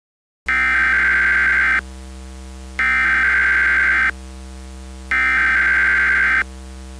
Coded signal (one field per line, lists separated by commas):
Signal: Emergency Alert System (SAME) tones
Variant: header bursts